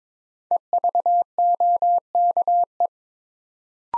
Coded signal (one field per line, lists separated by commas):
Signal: Morse code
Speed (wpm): 22 wpm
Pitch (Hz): 700 Hz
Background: none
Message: EVOKE